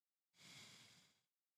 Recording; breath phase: one breath near a microphone; exhalation